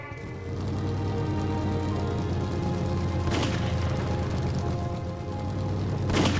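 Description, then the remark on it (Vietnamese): A steady, deep mechanical roar of a snowmobile with low droning harmonics runs throughout, broken by two sharp gunshot cracks, one midway and one near the end. No one speaks. “Tiếng súng nổ trong tiếng ầm ầm phẫn nộ, cỗ xe đi tuyết.”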